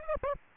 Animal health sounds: mosquito wingbeat signal from an infrared sensor; Aedes aegypti

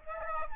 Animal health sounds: mosquito wingbeat signal from an infrared sensor; Aedes albopictus

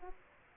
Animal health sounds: mosquito wingbeat signal from an infrared sensor; Aedes aegypti

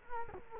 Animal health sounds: mosquito wingbeat signal from an infrared sensor; Culex quinquefasciatus

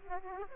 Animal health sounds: mosquito wingbeat signal from an infrared sensor; Aedes aegypti

